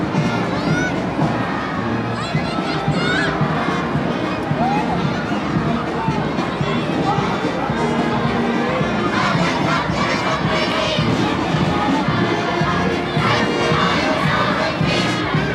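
A cheering children's parade fills the clip with a dense, steady crowd of voices and shouting, with shrill, excited cries rising more often after nine seconds.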